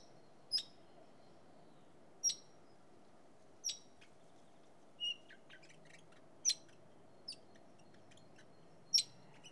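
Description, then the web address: Red-rumped parrot calls: piercing high chirps every one to two seconds, with a brief lower whistle and soft twitters in between. "BBC Sound Effects Library. Red Rumped Parakeet"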